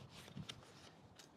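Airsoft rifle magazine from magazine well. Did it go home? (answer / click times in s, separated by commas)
released / 0.5 s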